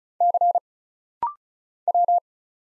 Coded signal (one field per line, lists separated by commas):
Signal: Morse code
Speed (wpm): 36 wpm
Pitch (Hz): 700 Hz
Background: none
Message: C W